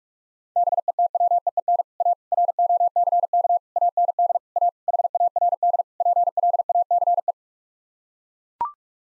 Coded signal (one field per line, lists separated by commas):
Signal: Morse code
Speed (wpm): 41 wpm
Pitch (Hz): 700 Hz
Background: none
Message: BETWEEN A ROCK AND A HARD PLACE